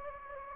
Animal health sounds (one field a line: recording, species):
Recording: mosquito wingbeat signal from an infrared sensor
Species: Anopheles gambiae